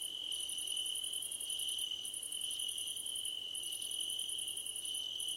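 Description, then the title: Crickets trilling steadily, with very high, fast-pulsed chirp bursts lasting over a second each and short silences between them. Crickets at night under a starlit sky. "Nighttime Ambience with Crickets"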